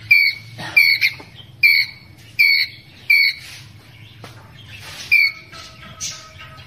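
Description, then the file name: Ground squirrel making sharp chirps in a quick series that breaks off after about three seconds, then a few later calls. Ground squirrel calling its group. "Tieng soc dat goi bay"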